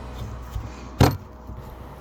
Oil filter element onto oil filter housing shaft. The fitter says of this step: Simply flip this over and it should click into place.